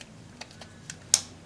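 The second clip-on plastic electrical connector of the engine harness is pushed home into its mating plug on the engine while it is reassembled after a head gasket replacement. A few faint ticks come at about 0.4, 0.6 and 0.9 seconds, then a sharp, loud click at 1.1 seconds as the connector seats.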